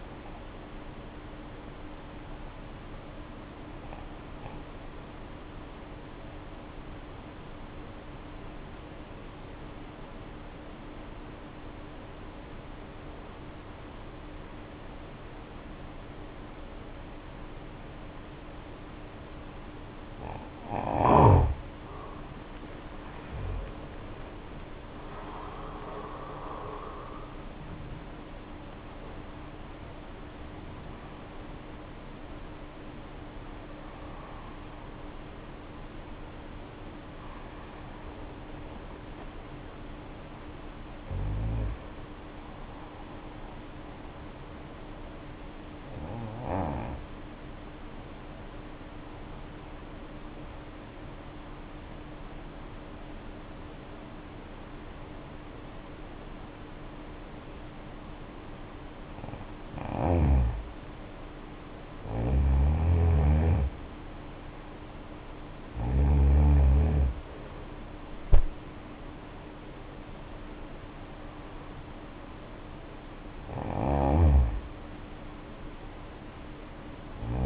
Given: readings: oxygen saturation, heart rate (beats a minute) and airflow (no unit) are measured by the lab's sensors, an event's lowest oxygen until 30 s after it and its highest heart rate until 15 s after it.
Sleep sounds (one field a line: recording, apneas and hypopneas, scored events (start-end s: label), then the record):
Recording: breathing in sleep by a voice recorder at the bedside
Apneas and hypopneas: 2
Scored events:
3.00-20.80 s: obstructive apnea (N1, oxygen 94% highest, then 75% lowest, heart rate 54 at the start, 81 highest)
45.00-62.60 s: hypopnea (N1, oxygen 95% highest, then 84% lowest, heart rate 66 at the start, 69 highest)
From the record:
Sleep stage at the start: N1 (lightest sleep)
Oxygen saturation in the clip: 75 to 95%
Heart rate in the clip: 54 to 81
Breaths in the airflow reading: 12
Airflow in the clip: -7.6 to 9.6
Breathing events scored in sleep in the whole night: 520 in 7.2 hours asleep